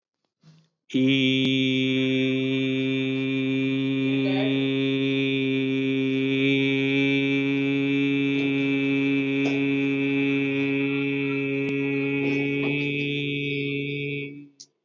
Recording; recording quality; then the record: sustained vowel as in beet; excellent, no background noise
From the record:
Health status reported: healthy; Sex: male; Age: 32 years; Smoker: no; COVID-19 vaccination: both doses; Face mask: not worn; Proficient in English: yes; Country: India